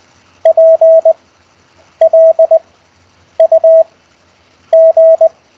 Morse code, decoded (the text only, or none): PLUG